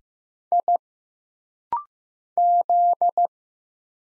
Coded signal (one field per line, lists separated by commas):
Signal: Morse code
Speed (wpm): 15 wpm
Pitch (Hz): 700 Hz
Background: none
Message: I Z